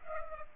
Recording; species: mosquito wingbeat signal from an infrared sensor; Culex pipiens